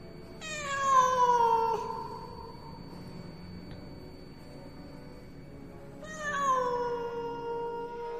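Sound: cat yowling loudly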